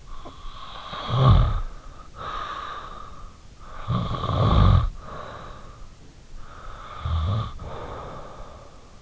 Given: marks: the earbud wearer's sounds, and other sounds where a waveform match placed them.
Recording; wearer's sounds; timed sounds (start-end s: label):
sounds in sleep by an in-ear microphone; snoring breath
0.00-3.30 s: snoring breath
3.48-5.77 s: snoring breath
6.57-8.68 s: snoring breath